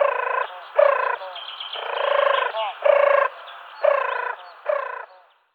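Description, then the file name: European turtle dove song, a series of several rough, rolling purrs, each under a second long, with short quieter gaps between. "Turteltaube"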